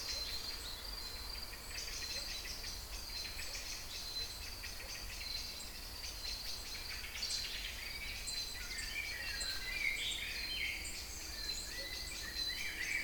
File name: Singing Birds Kouri Forest Salonika 22 05 12 18 35